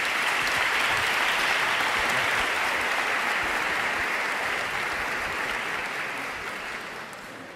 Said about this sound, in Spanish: Sin más preámbulo, un fuerte aplauso y la palabra la tiene él.